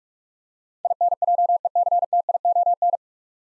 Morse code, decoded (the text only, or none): INJECTION